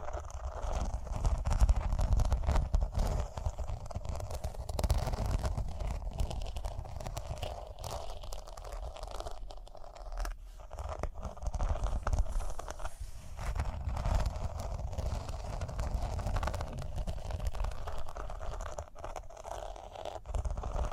Rhinestone Tapping, Scratching, Brushing